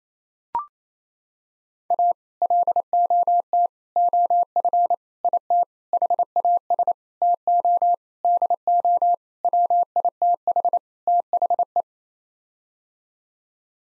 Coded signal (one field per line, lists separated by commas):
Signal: Morse code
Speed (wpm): 28 wpm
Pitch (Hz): 700 Hz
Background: none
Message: A LOT OF IT HAS TO DO WITH THE